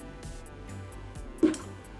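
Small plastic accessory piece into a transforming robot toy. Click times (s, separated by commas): 1.4 s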